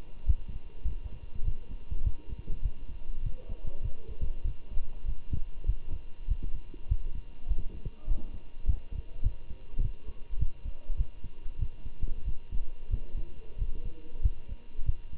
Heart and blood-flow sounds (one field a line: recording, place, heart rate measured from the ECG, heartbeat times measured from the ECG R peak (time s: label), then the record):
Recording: heart sounds by stethoscope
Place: between the tricuspid and mitral areas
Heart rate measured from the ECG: 99 bpm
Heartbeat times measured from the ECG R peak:
0.27 s: heartbeat
0.86 s: heartbeat
1.45 s: heartbeat
2.04 s: heartbeat
2.63 s: heartbeat
3.23 s: heartbeat
3.83 s: heartbeat
4.45 s: heartbeat
5.06 s: heartbeat
5.67 s: heartbeat
6.28 s: heartbeat
6.89 s: heartbeat
7.49 s: heartbeat
8.08 s: heartbeat
8.67 s: heartbeat
9.24 s: heartbeat
9.81 s: heartbeat
10.39 s: heartbeat
10.98 s: heartbeat
11.59 s: heartbeat
12.26 s: heartbeat
12.91 s: heartbeat
13.59 s: heartbeat
14.23 s: heartbeat
14.87 s: heartbeat
From the record:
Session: walking at 3.7 km/h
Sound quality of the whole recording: good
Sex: male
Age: 23 years